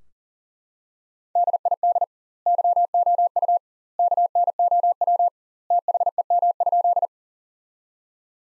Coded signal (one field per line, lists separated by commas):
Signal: Morse code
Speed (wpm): 39 wpm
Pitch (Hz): 700 Hz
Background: none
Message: DID YOU KNOW THEM?